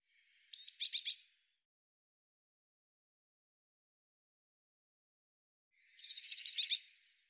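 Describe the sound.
Eurasian blue tit calling: two short bursts of high, scratchy churring notes, several seconds apart, with silence in between.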